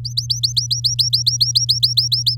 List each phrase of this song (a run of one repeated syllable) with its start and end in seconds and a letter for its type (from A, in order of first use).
0.05-2.35 A